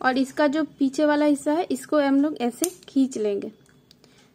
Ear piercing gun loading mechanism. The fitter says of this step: तो यह लॉक हो जाएगा